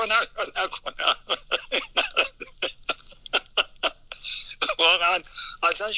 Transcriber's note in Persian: خنده